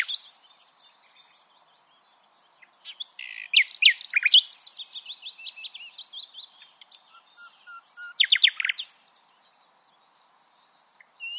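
Common nightingale song: varied whistles and descending slurred notes, a long even whistle, then a loud rapid burst of repeated chirps before quiet.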